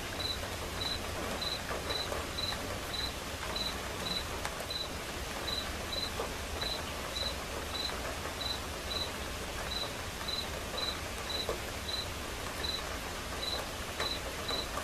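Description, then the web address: Cricket chirps recur in a brisk series of high pulses, accompanied by continuous soft rain. Crickets chirping as accompaniment to a quiet rain. "som de chuva silenciosa com acompanhamento de grilos"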